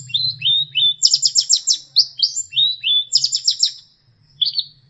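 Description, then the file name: Long-tailed shrike song with quick falling whistles and a high, buzzy series of notes, the phrase given twice, then a short final squeak, over a low hum. Master song for training songbirds. "cendet-master 2"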